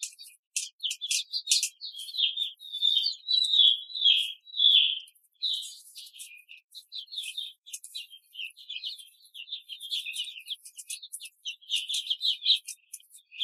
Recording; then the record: young laying hens in a cage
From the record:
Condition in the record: control cage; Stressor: none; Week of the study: 5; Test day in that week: 1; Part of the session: 1